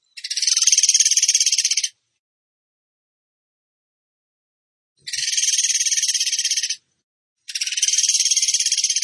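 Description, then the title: Bird trilling in fast, dry, high rattles lasting about two seconds, repeated after pauses of varying length. Bird training (masteran) song in the gacor tembakan style. "Masteran Burung Tembakan Gacor"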